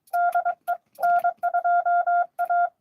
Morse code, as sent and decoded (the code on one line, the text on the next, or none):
-.. . / -. ..--- .-
DE N2A